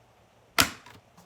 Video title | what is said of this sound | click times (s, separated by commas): Friday Facebook 2020: New Stampin' Cut & Emboss Machine (recording) | a little click | 0.6 s